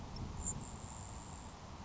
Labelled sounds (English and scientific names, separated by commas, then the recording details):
Grasshopper Sparrow (Ammodramus savannarum)
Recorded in Sonoma County, California